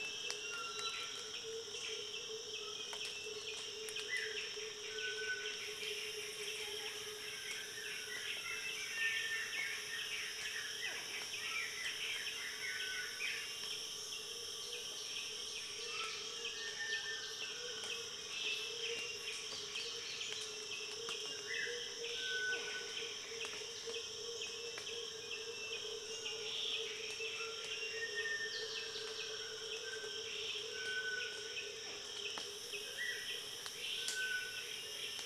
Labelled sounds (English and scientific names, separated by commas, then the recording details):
Brown Illadopsis (Illadopsis fulvescens)
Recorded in Kibale, Uganda